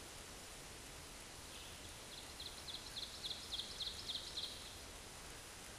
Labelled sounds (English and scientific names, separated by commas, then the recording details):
Ovenbird (Seiurus aurocapilla) song
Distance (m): 70 m
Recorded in a Pennsylvania forest on 17 May 2023 at 12:40
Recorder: AudioMoth, point grid1_13_low
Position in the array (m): 181 m, 78 m